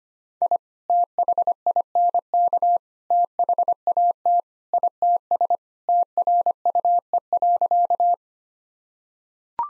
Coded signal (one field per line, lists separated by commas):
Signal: Morse code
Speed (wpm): 25 wpm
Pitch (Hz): 700 Hz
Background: none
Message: I THINK THAT ITS TRUE.